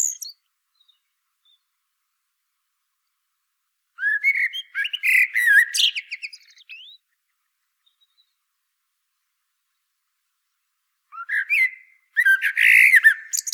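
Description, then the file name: Common blackbird delivering two separate warbled phrases, each rising from low flute-like whistles into busy, high squeaky twitters, with a long quiet gap between. "Turdus merula"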